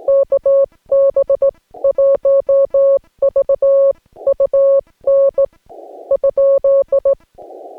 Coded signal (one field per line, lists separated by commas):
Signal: Morse code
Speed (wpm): 18 wpm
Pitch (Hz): 560 Hz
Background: none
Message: KB1VUN ?